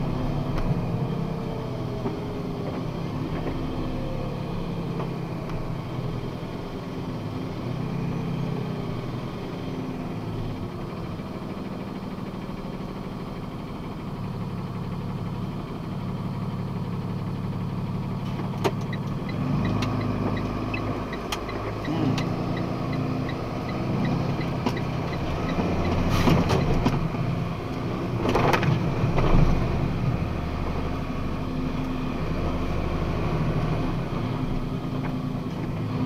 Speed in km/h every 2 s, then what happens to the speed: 47, 38, 34, 25, 22, 17, 11, 5, 3, 4, 7, 12, 16, 22, 27, 28, 31, 27.
0-16 slows to 3. 19-28 speeds up to 27. 28-36 steady at about 27.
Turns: none.